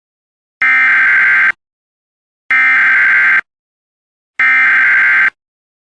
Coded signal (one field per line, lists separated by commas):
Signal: Emergency Alert System (SAME) tones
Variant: header bursts